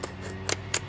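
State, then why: Seated. A household-outlet plug adapter is lined up red with red, slid up and slotted onto a portable EV charger's cable connector until it locks into place. Brief clicks and clatters sound over a steady low hum, with the sharpest click at 0.7 s as the adapter seats.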